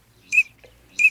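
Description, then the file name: Eurasian teal giving two short, clear high whistles about two-thirds of a second apart against a quiet background. Recording made for an electronic decoy caller. "Чирок-свистунок Alzavola"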